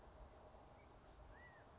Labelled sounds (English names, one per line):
California Quail